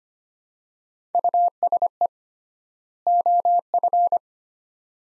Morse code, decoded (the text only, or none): USE OF